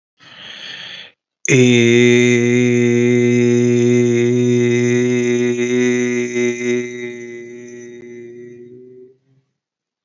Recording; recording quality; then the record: sustained vowel as in made; excellent, no background noise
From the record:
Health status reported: healthy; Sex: male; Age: 29 years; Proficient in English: yes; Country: United States